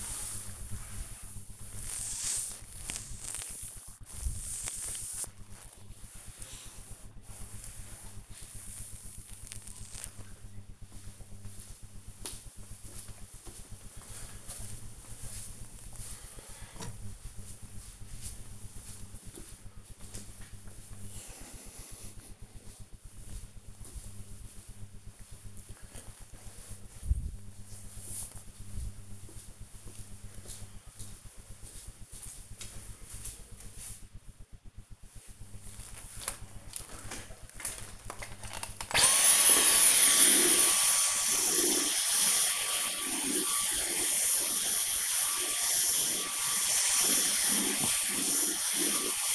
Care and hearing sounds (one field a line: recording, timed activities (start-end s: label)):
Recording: household activities, microphone on the right wrist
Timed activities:
0.00-9.62 s: cleaning table
35.83-49.35 s: vacuum cleaning